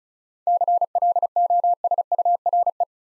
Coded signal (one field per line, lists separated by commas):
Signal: Morse code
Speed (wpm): 36 wpm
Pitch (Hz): 700 Hz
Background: none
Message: CLOSURE